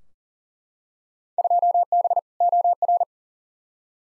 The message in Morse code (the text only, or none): 2B OR